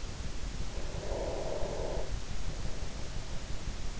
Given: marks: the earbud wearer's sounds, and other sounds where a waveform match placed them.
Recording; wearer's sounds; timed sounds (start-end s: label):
sounds in sleep by an in-ear microphone; breath
0.58-3.73 s: breath